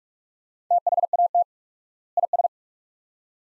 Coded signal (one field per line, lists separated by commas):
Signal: Morse code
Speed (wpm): 42 wpm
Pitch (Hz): 700 Hz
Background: none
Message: THAT IS